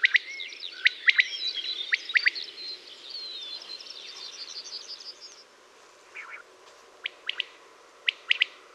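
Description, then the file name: Common quail's crisp three-part calls, first mixed with another bird's warbling song, then clearer and spaced after the song stops. "przepiorka"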